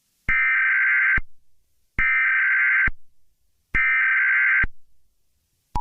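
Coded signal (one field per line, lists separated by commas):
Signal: Emergency Alert System (SAME) tones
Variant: header bursts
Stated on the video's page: Mock EAS alert, not real.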